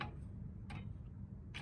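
A metal spring clip is pushed partway onto the perch that holds a magnet on a truck part, deliberately left not seated all the way because it will not be used. A sharp metallic click sounds at 0.0 s, followed by two fainter ticks near 0.7 s and 1.6 s over a low steady hum. The clip ends up on only partway.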